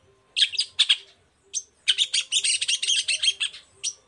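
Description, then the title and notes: Long-tailed shrike song of harsh, scratchy chatter, a few rasping notes followed by a dense, rapid run of buzzy high notes. Shrike recorded in the morning, singing varied 'toet toet' phrases; used as a lure to provoke other shrikes into answering. "Cendet Gacor Dor Di Kala Pagi Toet Toet Variasi Suara. Pancingan Emosi Cendet Gacor Full Variasi Toet Toet Bikin Nyaut Cendet Lain Langsung Ikutan Bunyi. Burung cendet"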